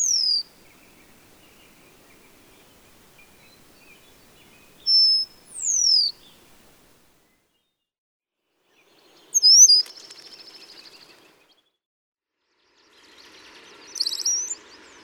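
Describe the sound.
Brown-headed cowbird: sharp, high descending whistled sweeps spaced several seconds apart, one trailing into brief rattly notes.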